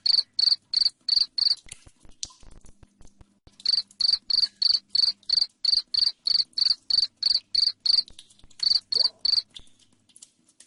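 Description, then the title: Cricket with short bursts of high chirps, a silent gap of about two seconds, then a steady rhythmic series. Loud chirping cricket, played to make lovebirds keep singing. "Suara JANGKRIK NGERIK Keras Bikin LOVEBIRD Jadi NGEKEK Terus Vubey"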